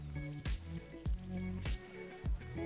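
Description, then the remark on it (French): Four evenly spaced water drips plop into a bowl of liquid, each a quick splash with a short falling ring, over a soft steady background of tones. “Après usage de vos pierres, laissez-les tremper dans un bol d'eau du robinet pendant plusieurs heures.”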